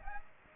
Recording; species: mosquito wingbeat signal from an infrared sensor; Aedes aegypti